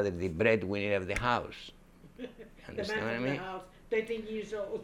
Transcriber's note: she laughs